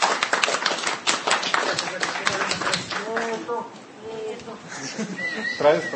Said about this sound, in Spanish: un aplauso para el señor